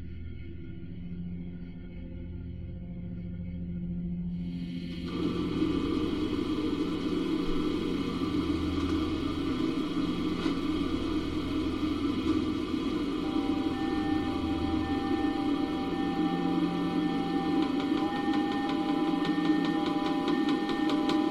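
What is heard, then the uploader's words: A low droning hum fills a sleep chamber, with slow swelling tones underneath. Around five seconds a bright, dense hiss rises and stays steady to the end, joined by thin sustained whines and faint rapid ticking throughout. The Ambient Spaceship Soundscape. Hyperspace sleep chamber, where the sound of a clock and synthetic white noise reminiscent of crickets are always present.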